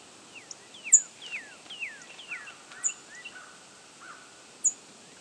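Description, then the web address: American tree sparrow song: a run of sweet, downslurred whistled notes over about two seconds, then softer lower notes, with sharp high ticks at intervals. New York. "sparrows atsp"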